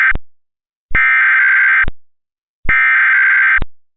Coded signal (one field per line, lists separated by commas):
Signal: Emergency Alert System (SAME) tones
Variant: header bursts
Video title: The Freezing One: The Four Seasons (Part 2) - an EAS Scenario